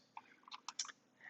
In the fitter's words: and then we have the door frame bracket that just simply snaps into place